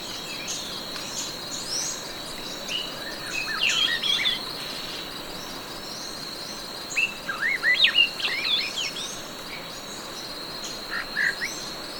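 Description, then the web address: Swainson's thrush song: short bursts of fluty, spiralling phrases in three separate bouts, set against continuous insect buzzing and a steady high whine. Recorded in Ecuador. "Birds of Ecuador. Swainson's Thrush"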